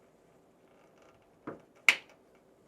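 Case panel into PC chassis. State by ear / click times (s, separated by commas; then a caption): seated / 1.9 s. A part on the back of a mini PC case, in the cable-management area and most likely the side or back panel, is pushed home into the chassis. A softer knock comes at about 1.5 s, then one sharp, loud snap at 1.9 s as the panel clicks into place and is seated. No one speaks in the clip.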